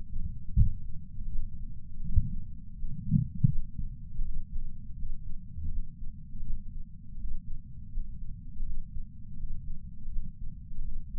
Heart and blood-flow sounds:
heart sounds by patch sensor on the chest; 82 bpm
0.55 s: heartbeat
1.29 s: heartbeat
2.02 s: heartbeat
2.75 s: heartbeat
3.49 s: heartbeat
4.22 s: heartbeat
4.95 s: heartbeat
5.69 s: heartbeat
6.43 s: heartbeat
7.16 s: heartbeat
7.90 s: heartbeat
8.63 s: heartbeat
9.36 s: heartbeat
10.09 s: heartbeat
10.82 s: heartbeat
From the record:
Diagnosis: coronary artery disease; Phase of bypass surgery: postoperative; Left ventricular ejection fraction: 60.1%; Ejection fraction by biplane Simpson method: 55.9%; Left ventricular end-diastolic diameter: 44 mm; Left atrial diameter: 30 mm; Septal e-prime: 4.8 cm/s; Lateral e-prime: 11.2 cm/s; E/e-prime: 10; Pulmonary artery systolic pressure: 23 mmHg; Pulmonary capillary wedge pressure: 10 mmHg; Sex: male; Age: 75 years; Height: 167 cm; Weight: 58 kg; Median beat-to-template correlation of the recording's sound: 0.77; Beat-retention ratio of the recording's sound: 1.00

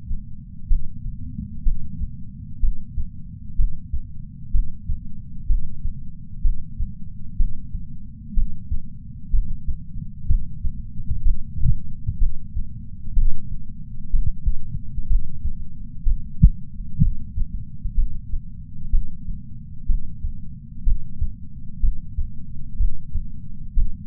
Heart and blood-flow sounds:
heart sounds by patch sensor on the chest; 62 bpm
0.67 s: heartbeat
1.62 s: heartbeat
2.59 s: heartbeat
3.55 s: heartbeat
4.50 s: heartbeat
5.46 s: heartbeat
6.41 s: heartbeat
7.36 s: heartbeat
8.33 s: heartbeat
9.29 s: heartbeat
10.25 s: heartbeat
11.22 s: heartbeat
12.17 s: heartbeat
13.13 s: heartbeat
14.10 s: heartbeat
15.06 s: heartbeat
16.02 s: heartbeat
16.98 s: heartbeat
17.94 s: heartbeat
18.89 s: heartbeat
19.85 s: heartbeat
20.83 s: heartbeat
21.79 s: heartbeat
22.76 s: heartbeat
23.73 s: heartbeat
From the record:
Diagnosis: coronary artery disease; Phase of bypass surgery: intraoperative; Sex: male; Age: 57 years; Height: 175 cm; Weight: 71 kg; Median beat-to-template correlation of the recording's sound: 0.90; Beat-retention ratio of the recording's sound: 0.98

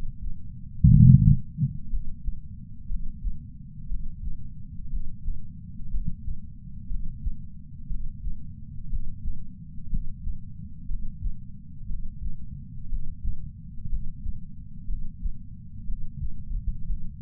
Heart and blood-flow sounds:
heart sounds by patch sensor on the chest; 60 bpm
0.91 s: heartbeat
1.92 s: heartbeat
2.89 s: heartbeat
3.89 s: heartbeat
4.92 s: heartbeat
5.92 s: heartbeat
6.90 s: heartbeat
7.89 s: heartbeat
8.91 s: heartbeat
9.91 s: heartbeat
10.89 s: heartbeat
11.89 s: heartbeat
12.91 s: heartbeat
13.91 s: heartbeat
14.88 s: heartbeat
15.87 s: heartbeat
16.88 s: heartbeat
From the record:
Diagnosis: coronary artery disease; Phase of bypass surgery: preoperative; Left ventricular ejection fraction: 41.8%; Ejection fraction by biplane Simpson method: 39%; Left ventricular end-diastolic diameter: 62 mm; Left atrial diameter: 43 mm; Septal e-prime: 3 cm/s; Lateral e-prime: 8 cm/s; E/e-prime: 13.6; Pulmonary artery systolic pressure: 41 mmHg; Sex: male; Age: 69 years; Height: 165 cm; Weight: 60 kg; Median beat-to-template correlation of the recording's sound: 0.79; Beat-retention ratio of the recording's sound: 0.99

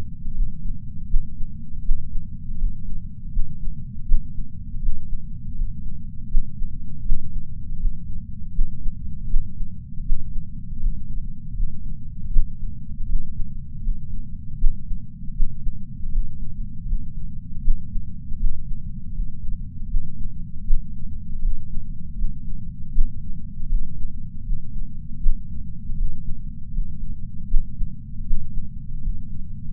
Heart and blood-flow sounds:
heart sounds by patch sensor on the chest; 80 bpm
0.33 s: heartbeat
1.08 s: heartbeat
1.83 s: heartbeat
2.57 s: heartbeat
3.31 s: heartbeat
4.06 s: heartbeat
4.80 s: heartbeat
5.54 s: heartbeat
6.29 s: heartbeat
7.04 s: heartbeat
7.78 s: heartbeat
8.53 s: heartbeat
9.28 s: heartbeat
10.04 s: heartbeat
10.78 s: heartbeat
11.54 s: heartbeat
12.31 s: heartbeat
13.07 s: heartbeat
13.81 s: heartbeat
14.58 s: heartbeat
15.34 s: heartbeat
16.11 s: heartbeat
16.85 s: heartbeat
17.62 s: heartbeat
18.38 s: heartbeat
19.12 s: heartbeat
19.88 s: heartbeat
20.65 s: heartbeat
21.40 s: heartbeat
22.15 s: heartbeat
22.92 s: heartbeat
23.68 s: heartbeat
24.43 s: heartbeat
25.20 s: heartbeat
25.96 s: heartbeat
26.71 s: heartbeat
27.48 s: heartbeat
28.25 s: heartbeat
29.00 s: heartbeat
From the record:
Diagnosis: coronary artery disease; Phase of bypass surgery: postoperative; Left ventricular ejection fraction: 54.4%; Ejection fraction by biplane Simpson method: 44%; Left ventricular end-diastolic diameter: 43 mm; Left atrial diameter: 34 mm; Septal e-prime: 5 cm/s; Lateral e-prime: 5.3 cm/s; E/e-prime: 15.7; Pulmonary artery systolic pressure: 21 mmHg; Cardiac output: 4.9 L/min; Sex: female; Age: 70 years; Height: 152 cm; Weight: 65 kg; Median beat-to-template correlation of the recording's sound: 0.82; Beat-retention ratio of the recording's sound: 0.98

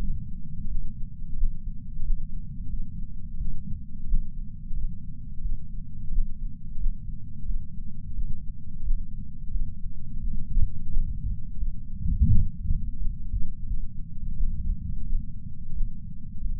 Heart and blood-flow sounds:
heart sounds by patch sensor on the chest; 88 bpm
0.67 s: heartbeat
1.36 s: heartbeat
2.03 s: heartbeat
2.69 s: heartbeat
3.37 s: heartbeat
4.07 s: heartbeat
4.73 s: heartbeat
5.41 s: heartbeat
6.11 s: heartbeat
6.78 s: heartbeat
7.45 s: heartbeat
8.13 s: heartbeat
8.83 s: heartbeat
9.51 s: heartbeat
10.19 s: heartbeat
10.89 s: heartbeat
11.57 s: heartbeat
12.27 s: heartbeat
12.96 s: heartbeat
13.66 s: heartbeat
14.35 s: heartbeat
15.04 s: heartbeat
15.72 s: heartbeat
16.40 s: heartbeat
From the record:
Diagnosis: coronary artery disease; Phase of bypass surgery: postoperative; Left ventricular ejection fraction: 66.5%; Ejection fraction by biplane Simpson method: 64.8%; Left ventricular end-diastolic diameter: 39 mm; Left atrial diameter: 31 mm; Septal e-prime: 4.5 cm/s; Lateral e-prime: 6.6 cm/s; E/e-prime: 22.7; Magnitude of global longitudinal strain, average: 16.9%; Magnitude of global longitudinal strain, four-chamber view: 19.4%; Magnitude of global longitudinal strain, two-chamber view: 15.7%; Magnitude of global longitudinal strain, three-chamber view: 15.8%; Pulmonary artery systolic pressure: 26 mmHg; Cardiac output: 4.24 L/min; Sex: female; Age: 80 years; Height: 150 cm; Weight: 49 kg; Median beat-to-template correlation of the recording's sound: 0.73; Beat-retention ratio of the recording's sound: 1.00

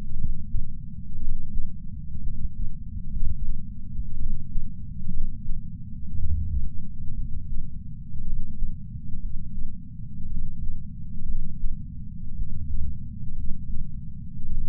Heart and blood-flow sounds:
heart sounds by patch sensor on the chest; 59 bpm
0.15 s: heartbeat
1.18 s: heartbeat
2.20 s: heartbeat
3.09 s: heartbeat
4.16 s: heartbeat
5.10 s: heartbeat
6.17 s: heartbeat
7.13 s: heartbeat
8.22 s: heartbeat
9.19 s: heartbeat
10.27 s: heartbeat
11.25 s: heartbeat
12.35 s: heartbeat
13.34 s: heartbeat
14.47 s: heartbeat
From the record:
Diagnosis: coronary artery disease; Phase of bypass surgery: postoperative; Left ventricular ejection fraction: 49.7%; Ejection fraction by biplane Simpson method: 50.5%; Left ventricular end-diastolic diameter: 55 mm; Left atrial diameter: 40 mm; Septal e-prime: 5.2 cm/s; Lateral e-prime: 9 cm/s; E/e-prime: 14.4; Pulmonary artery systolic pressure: 28 mmHg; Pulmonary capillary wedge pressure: 8 mmHg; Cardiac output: 4.15 L/min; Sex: male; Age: 73 years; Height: 165 cm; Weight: 70 kg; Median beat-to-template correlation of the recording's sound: 0.92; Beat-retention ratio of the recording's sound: 1.00

